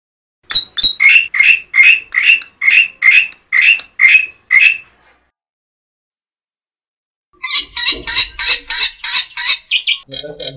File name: suara kicauan burung jalak putih. omkicau